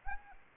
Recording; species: mosquito wingbeat signal from an infrared sensor; Anopheles arabiensis